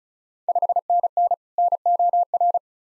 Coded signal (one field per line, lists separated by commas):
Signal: Morse code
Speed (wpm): 36 wpm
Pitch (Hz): 700 Hz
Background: none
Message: 5NN NOR